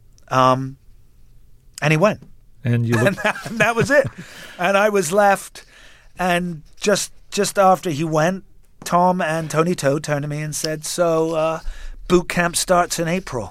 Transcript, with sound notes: And he went.
And you...
(Laughter) And that was it. And I was left. And just after he went, Tom and Tony To turned to me and said, so boot camp starts in April.